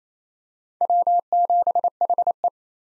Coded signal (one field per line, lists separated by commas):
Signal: Morse code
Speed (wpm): 28 wpm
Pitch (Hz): 700 Hz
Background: none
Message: W7HE